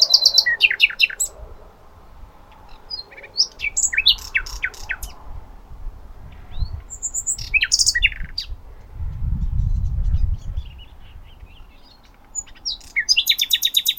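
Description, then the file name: Common nightingale: songbird phrases of sharp clicks, whistles and rapid notes over noticeable low rumbling noise, with a louder burst of background noise in the middle. "Luscinia megarhynchos"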